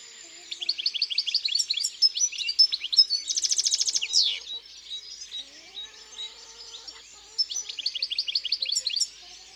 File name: Chardonneret elegant Chants doiseaux dans la campagne